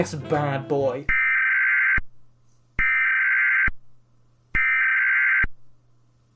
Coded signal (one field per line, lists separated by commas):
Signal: Emergency Alert System (SAME) tones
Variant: header bursts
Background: speech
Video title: What Are EAS Scenarios? The Scary Noise